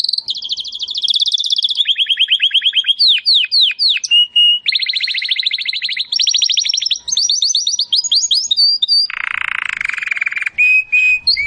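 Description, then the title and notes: Domestic canary song, a long unbroken chain of fast trills and swooping whistles shifting in pitch, ending in a lower buzzy roll and steady whistles. Belgian canary singing; labelled "Campainha". "Canário Belga Campainha Canary Singing. Canario Belga Cantando"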